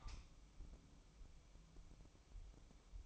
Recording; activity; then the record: daily activity, microphone in the room; light on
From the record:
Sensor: 1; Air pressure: 1007.9 hPa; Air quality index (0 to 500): 123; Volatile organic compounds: 2 ppm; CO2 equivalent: 1039 ppm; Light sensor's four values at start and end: 9/20/8/9 and 13/38/14/16